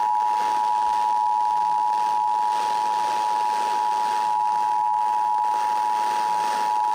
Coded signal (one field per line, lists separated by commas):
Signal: Emergency Alert System (SAME) tones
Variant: 853 and 960 Hz attention tone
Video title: EAS #2936 Severe Thunderstorm Warning on WZOK 6-16-24